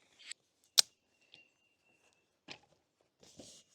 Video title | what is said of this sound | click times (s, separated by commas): Camp Tested - TCEK SwivelCore Chair Review | Then you'll pull all of the arms out till they snap into place. | 0.8 s